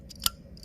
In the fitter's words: So you just press it together from here, and you hear it click, just